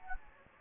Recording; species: mosquito wingbeat signal from an infrared sensor; Anopheles gambiae